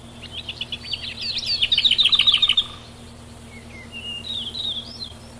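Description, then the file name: Lesser whitethroat singing a soft chattering warble that builds into a fast, even rattle, followed by a few thin, rising notes. "Scarruca"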